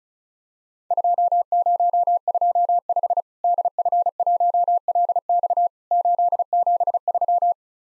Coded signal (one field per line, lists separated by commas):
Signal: Morse code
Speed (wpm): 36 wpm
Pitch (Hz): 700 Hz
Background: none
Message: 2025 DF1LX 873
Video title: Worked All Europe DX Contest QTC Exchange 35wpm